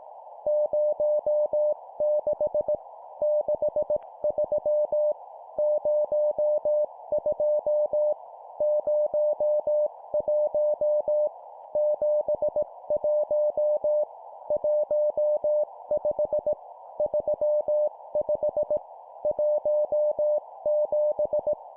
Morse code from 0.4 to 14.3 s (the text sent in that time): 06 63 02 01 71